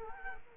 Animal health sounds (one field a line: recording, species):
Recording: mosquito wingbeat signal from an infrared sensor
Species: Culex quinquefasciatus